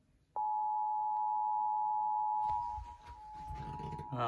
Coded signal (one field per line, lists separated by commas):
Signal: Emergency Alert System (SAME) tones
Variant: 853 and 960 Hz attention tone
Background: speech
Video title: EAS Alert Tornado Warning for PA and NJ counties on WPPZ/IP SAGE (EAS #290)